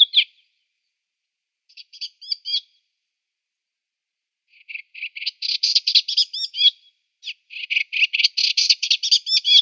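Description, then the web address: Eastern olivaceous warbler singing: first a few isolated scratchy notes, then longer rapid phrases of harsh, chattering syllables. "Schulze Peter Eastern Olivaceous Warbler"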